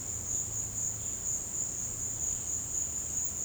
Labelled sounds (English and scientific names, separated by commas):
none